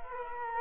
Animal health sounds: mosquito wingbeat signal from an infrared sensor; Culex quinquefasciatus

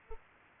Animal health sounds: mosquito wingbeat signal from an infrared sensor; Aedes aegypti

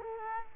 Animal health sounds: mosquito wingbeat signal from an infrared sensor; Culex quinquefasciatus

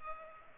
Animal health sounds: mosquito wingbeat signal from an infrared sensor; Culex pipiens

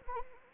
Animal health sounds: mosquito wingbeat signal from an infrared sensor; Anopheles arabiensis

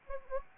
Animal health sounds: mosquito wingbeat signal from an infrared sensor; Anopheles arabiensis

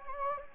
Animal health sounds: mosquito wingbeat signal from an infrared sensor; Anopheles gambiae

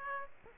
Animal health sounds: mosquito wingbeat signal from an infrared sensor; Aedes aegypti

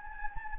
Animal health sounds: mosquito wingbeat signal from an infrared sensor; Anopheles gambiae

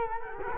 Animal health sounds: mosquito wingbeat signal from an infrared sensor; Culex quinquefasciatus

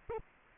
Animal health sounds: mosquito wingbeat signal from an infrared sensor; Anopheles arabiensis

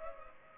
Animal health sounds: mosquito wingbeat signal from an infrared sensor; Culex pipiens

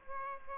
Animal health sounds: mosquito wingbeat signal from an infrared sensor; Aedes aegypti

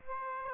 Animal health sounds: mosquito wingbeat signal from an infrared sensor; Aedes aegypti

